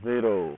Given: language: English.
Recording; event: throat vibration sensor signal played as sound; speech